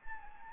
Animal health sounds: mosquito wingbeat signal from an infrared sensor; Anopheles arabiensis

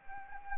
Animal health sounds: mosquito wingbeat signal from an infrared sensor; Anopheles gambiae

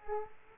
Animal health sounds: mosquito wingbeat signal from an infrared sensor; Culex quinquefasciatus

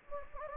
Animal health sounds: mosquito wingbeat signal from an infrared sensor; Anopheles gambiae

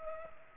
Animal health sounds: mosquito wingbeat signal from an infrared sensor; Culex pipiens

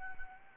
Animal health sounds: mosquito wingbeat signal from an infrared sensor; Anopheles arabiensis

